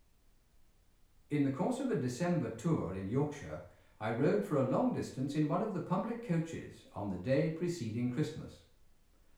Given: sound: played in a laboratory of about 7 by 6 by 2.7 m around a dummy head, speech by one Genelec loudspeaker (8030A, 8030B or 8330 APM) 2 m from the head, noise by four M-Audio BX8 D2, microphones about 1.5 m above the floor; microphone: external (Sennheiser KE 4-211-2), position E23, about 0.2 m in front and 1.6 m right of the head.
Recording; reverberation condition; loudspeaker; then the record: male speech in English; medium; 150 degrees to the left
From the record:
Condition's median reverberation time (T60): about 510 ms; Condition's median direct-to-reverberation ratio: about -0.5 dB